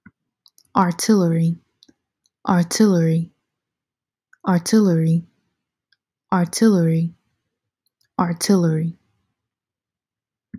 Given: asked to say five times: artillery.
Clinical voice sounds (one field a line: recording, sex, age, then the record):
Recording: repeated word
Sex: female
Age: 20 to 29 years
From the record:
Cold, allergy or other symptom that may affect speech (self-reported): no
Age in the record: 23 years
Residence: Georgia, United States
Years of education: 18